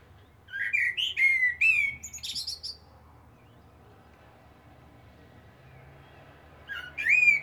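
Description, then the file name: Common blackbird song: a rich whistled warble ending in a high chattering trill, then silence before a second phrase begins near the end. "Turdus merula"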